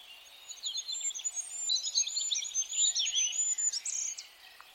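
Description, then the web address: Bird calls: high, rapid twittering of quick looping notes, mixed with lower chirps. "birddata Deverinetal 2025"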